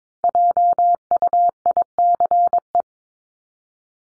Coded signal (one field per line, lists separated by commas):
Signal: Morse code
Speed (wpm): 22 wpm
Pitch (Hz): 700 Hz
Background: none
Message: JUICE